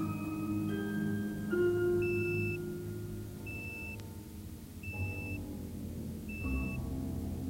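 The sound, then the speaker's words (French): A repeating electronic radio beep, four short high-pitched tones about one and a half seconds apart, sounding over a steady low hum and faint droning tones with no one speaking. “Il est à prévoir que dans les prochains jours, les radios nord-américaines seront les seules à maintenir les rocambolesques histoires de bip bip bip.”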